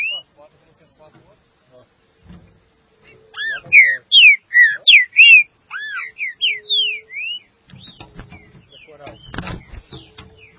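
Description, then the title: Green-winged saltator delivering a rapid burst of loud, rich whistled slurs midway, with softer notes after and some low knocking and rustling toward the end. "Trinca Ferro"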